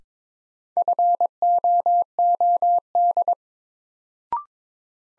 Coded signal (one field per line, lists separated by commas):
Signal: Morse code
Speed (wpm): 22 wpm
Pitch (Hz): 700 Hz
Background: none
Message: FOOD